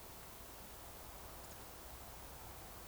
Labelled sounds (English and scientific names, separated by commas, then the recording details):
Eurasian Woodcock (Scolopax rusticola) whistle
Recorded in Baden-Württemberg, Germany, on 29 June 2020 at 02:31 UTC
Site 43791, 788 m above sea level